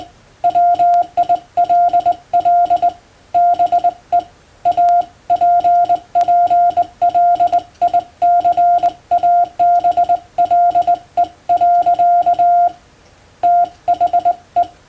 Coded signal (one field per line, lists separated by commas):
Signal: Morse code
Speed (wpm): 20 wpm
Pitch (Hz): 700 Hz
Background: none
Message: WILL BE APPLICABLE. THE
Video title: 無線従事者国家試験総合無線通信士電気通信術のトレーニングにＣＷを打ってみました。アマチュア無線ハムの受信練習にもどうぞ(morse code practice for radio operator )